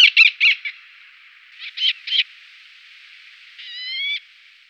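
Eleonora's falcon calling: two brief bursts of harsh, nasal notes, four then three, followed near the end by a thin, slightly rising whistled note.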